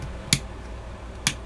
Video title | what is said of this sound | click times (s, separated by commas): Terrorcon Sinnertwin Transformers Power of the Primes Deluxe Class | they just lock into place there | 0.3 s, 1.3 s